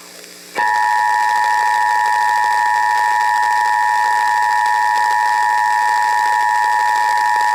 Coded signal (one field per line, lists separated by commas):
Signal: Emergency Alert System (SAME) tones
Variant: 853 and 960 Hz attention tone